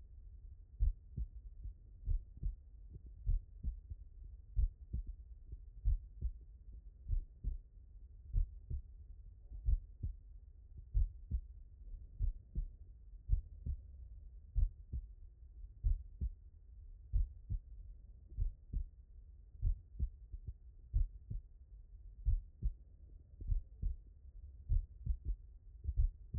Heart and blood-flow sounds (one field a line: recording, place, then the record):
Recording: heart sounds by stethoscope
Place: tricuspid valve (TV)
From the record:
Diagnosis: non-HFrEF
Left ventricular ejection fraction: 65%